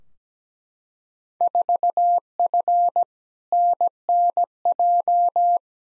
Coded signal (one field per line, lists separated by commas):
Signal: Morse code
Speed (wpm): 17 wpm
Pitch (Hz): 700 Hz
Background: none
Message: 4F NNJ